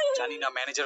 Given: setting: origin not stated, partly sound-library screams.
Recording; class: one-second piece from a danger detection set; woman in danger